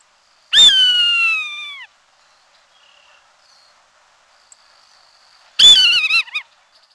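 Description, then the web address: Swainson's hawk calls twice: a drawn-out, high, plaintive scream falling slightly at its tail, then after a few silent seconds a shorter, wavering scream. "Peterson North American Birds"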